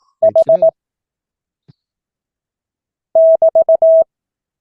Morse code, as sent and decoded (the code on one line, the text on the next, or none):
.... / -...-
H <BT>